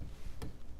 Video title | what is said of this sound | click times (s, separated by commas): Camera – Kodak Retina IIa | pop right open and you pull it open until it snaps like so | 0.4 s